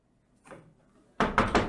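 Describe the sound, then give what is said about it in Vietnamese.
Someone bangs on the wooden door of the main house from outside: one faint thump, then a burst of loud, rapid pounding with several heavy blows in quick succession. No voices. “Lúc này, thanh âm hốt hoảng của Quế Duyên kèm theo tiếng đập cửa vang lên bên ngoài nhà chính.”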